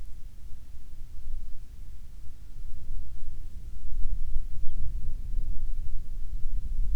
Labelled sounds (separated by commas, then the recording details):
songbird, wind
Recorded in the Prudhoe Bay oil fields, Alaska, on 7 August 2019 at 13:52
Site 17